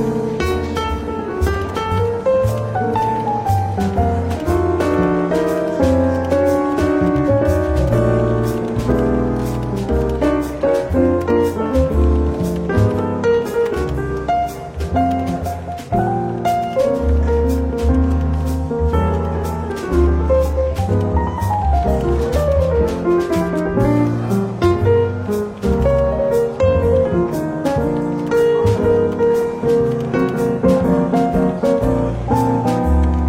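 Soft jazz plays steadily in a London bookshop café, with walking bass, mellow chords and frequent light clicks and taps throughout.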